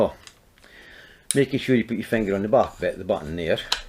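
A keyless clamping flange is turned by hand onto the spindle of a DEWALT DCG405 18V angle grinder while a finger holds the spindle lock button at the back. A few faint handling ticks come early, then someone talks from about 1.3 s to the end. Nothing has seated or clicked yet; the flange is still being handled and is not yet home.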